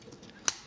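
After an earlier failed try, a plastic foot panel is pressed into a transforming toy figure's leg. It snaps into place with a sharp click at 0.5 s, preceded by a faint tick at 0.3 s. The panel is confirmed seated.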